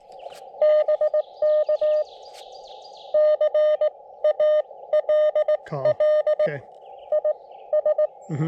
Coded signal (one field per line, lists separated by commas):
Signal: Morse code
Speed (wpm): 16 wpm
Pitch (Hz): 590 Hz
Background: speech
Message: BK CALL IS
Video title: CW POTA at K-5322 Sugar Hill State Forest with the FX-4CR transceiver